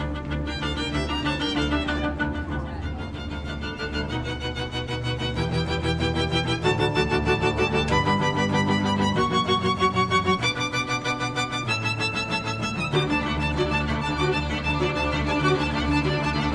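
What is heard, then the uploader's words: A string quartet plays in a tunnel, bowed strings holding sustained chords that change every second or two. Upper voices sing out bright, stable lines over a steady low part, and the volume stays fairly even throughout, swelling slightly after the first few seconds. Asematunneli String Quartet. I was visiting my friend in Helsinki. When going through a tunnel, we spotted a string quartet playing. I grabbed my Zoom H6 and captured the most amazing street players I have heard myself.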